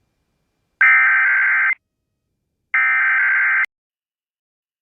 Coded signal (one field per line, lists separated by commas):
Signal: Emergency Alert System (SAME) tones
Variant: header bursts